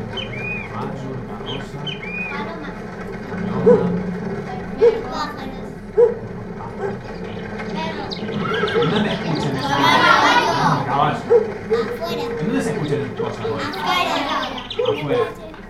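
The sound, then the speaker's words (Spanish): Birds chirp in short, repeated high tweets over a steady murmur of people chattering, with a few sharper knocks and a louder burst of mixed activity partway through. “Todos esos pájaros, todos esos caballos.”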